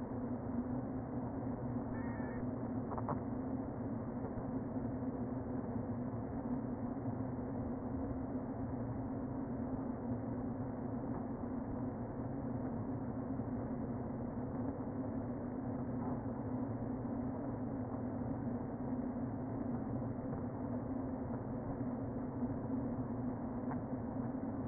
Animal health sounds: honeybee colony, microphone inside the hive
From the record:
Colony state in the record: queen present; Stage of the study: before two queens were removed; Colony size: about 60,000 bees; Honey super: yes

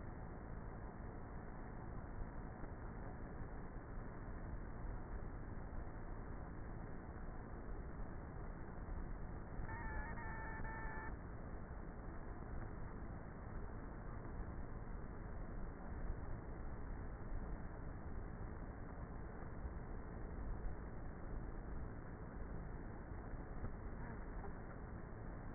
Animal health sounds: honeybee colony, microphone inside the hive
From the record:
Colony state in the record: queenless with a low population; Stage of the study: before two queens were removed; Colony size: about 30,000 bees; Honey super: no

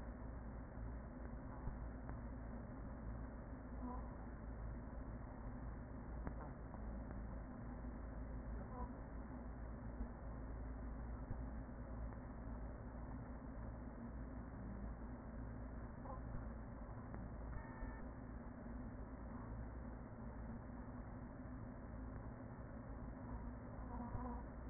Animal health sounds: honeybee colony, microphone inside the hive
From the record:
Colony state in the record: queen present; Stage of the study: after two queens were removed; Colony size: about 40,000 bees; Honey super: no

